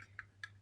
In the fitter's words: Evet direkt kırmızıya düştü tekrar yeşile düşmesinin sebebi bu tam oturmadı bu şekilde tam oturursak